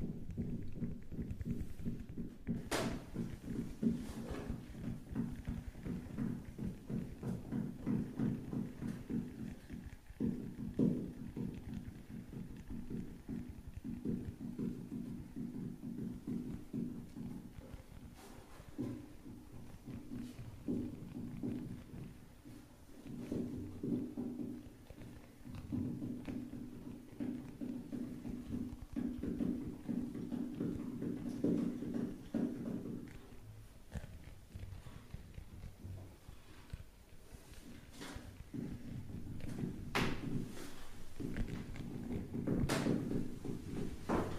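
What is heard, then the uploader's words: Rapid, dense tapping runs the full length, a steady stream of quick, dull knocks centered low to mid in pitch, like fingers drumming on a hard surface. Sharper, brighter clicks cut through now and then, most often near the start and toward the end. Tapping Overload.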